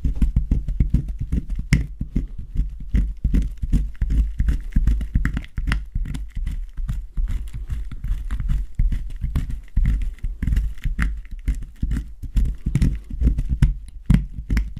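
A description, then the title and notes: Soap is carved in quick, irregular strokes that keep up a dense, dull scraping and crumbling with no real pauses. The sound sits mostly low and soft, with a steady low rumble beneath and occasional sharp, bright ticks, as near 2, 10 and 14 seconds. ASMR Soap Carving. Relaxing soap cutting sounds.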